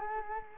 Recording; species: mosquito wingbeat signal from an infrared sensor; Culex quinquefasciatus